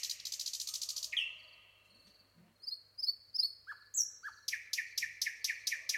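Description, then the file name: Common nightingale song: a fast rattle of repeated notes, a drawn-out descending whistle, then thin high whistles and a burst of rapid sharp chirps, over a steady faint high tone. "Luscinia megarhynchos"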